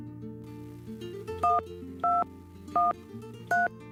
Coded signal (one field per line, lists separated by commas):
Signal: DTMF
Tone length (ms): 180 ms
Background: music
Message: 1213